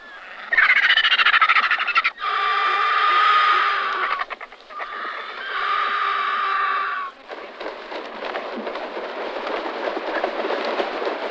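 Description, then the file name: Griffon vulture calls: loud raspy bursts, then drawn-out hoarse, nasal wheezing notes, followed by a long noisy stretch of scratchy hissing sounds. "Golosa ptic - Sip belogolovyj lat Gyps fulvus"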